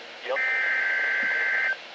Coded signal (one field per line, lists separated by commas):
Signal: Emergency Alert System (SAME) tones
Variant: header bursts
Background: speech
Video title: EAS 214 UNRECOGNIZED MESSAGE (WXM33's RWT)